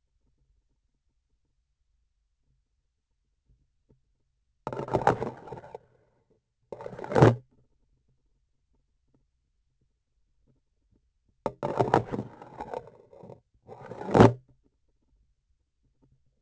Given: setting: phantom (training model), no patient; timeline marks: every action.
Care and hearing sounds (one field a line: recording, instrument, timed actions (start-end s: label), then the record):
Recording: laparoscopic instrument, vibration sensor on the handle end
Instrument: grasping forceps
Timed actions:
4.62-5.84 s: insertion through the trocar
6.66-7.47 s: removal through the trocar
11.42-13.40 s: insertion through the trocar
13.62-14.45 s: removal through the trocar
From the record:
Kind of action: spatial motion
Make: other than Olympus